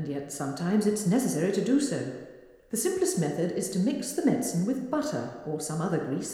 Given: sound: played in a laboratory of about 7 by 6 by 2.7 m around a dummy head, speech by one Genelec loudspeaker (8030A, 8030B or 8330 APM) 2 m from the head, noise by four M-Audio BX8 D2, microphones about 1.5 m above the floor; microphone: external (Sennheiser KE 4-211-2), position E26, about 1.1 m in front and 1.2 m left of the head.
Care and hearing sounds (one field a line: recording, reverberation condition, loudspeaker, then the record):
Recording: female speech in English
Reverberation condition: high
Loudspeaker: 30 degrees to the left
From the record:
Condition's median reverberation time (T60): about 1300 ms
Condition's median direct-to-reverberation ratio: about -4.0 dB